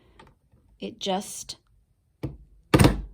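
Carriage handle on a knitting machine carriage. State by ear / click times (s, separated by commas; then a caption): seated / 2.7 s. Someone talks as the handle on a knitting machine carriage is popped up, with a few faint taps along the way. At 2.7 s the handle snaps into place with a loud thunk and is locked up.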